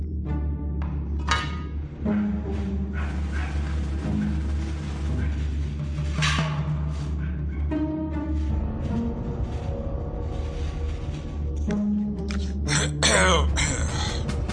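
Footsteps shuffle along as a man, a watchman, coughs and clears his throat several times, the rough bursts rising over a steady low rumble.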